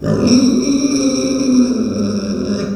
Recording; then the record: squeal of a Yucatan mini pig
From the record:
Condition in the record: after surgery on the right vocal fold (resection and tissue-engineered implant); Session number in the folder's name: 9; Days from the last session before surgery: 65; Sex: female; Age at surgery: 19 weeks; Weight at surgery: 25 kg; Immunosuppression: prednisolone